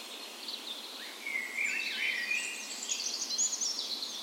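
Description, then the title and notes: Birds in a dawn chorus, overlapping high twittering and trilled phrases building into a busy mix of song. Spring dawn chorus on the morning of 17 May, Norway's National Day, in a park west in Bergen, Norway; recorded with a Sony PCM A10 and LOM Micro Usi microphones as tree ears. "17th Of May Dawn Chorus. Recorded on the morning of Norways National Day the 17th of May in a park west in Bergen. Spring is in full effect, and the dawn chorus sounds wonderful!"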